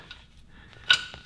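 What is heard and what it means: A fluid pump hose fitting is squeezed into the differential fill hole of a 2008 Ford Explorer until it locks. Faint ticks and scrapes come before a sharp, bright click at 0.9 s, which fades over a few tenths of a second before a softer tick near 1.1 s. The fitting is seated and locked in the fill hole.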